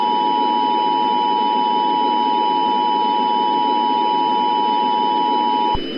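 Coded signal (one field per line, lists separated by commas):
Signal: Emergency Alert System (SAME) tones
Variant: 853 and 960 Hz attention tone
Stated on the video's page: Fictional Emergency Alert System scenario about extreme cold as Earth drifts away from the sun.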